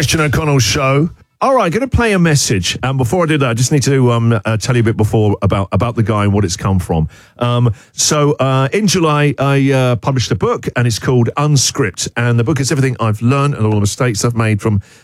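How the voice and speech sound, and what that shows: An adult male radio host speaks in a typical voice: a fluent, conversational monologue with a steady mid-low pitch and few pauses.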